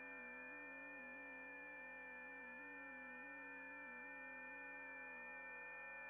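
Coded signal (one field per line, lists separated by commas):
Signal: FT8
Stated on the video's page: FT8 received via SunSDR using TCI interface.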